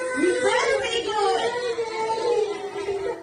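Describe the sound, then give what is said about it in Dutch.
Toddlers at a daycare in Mississippi, USA, wailing and crying together after staff frightened them with a mask, a steady stream of high, wavering cries and sobs that rise and fall without a break for the whole stretch. “Je hoort kinderen gillen, huilen.”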